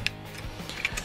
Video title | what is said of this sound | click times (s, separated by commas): Transformers COMBINER WARS DEVASTATOR TITAN en Español - Trooper Reviews | Ahí que se hagan que se oiga un click de aquí atrás. | 0.1 s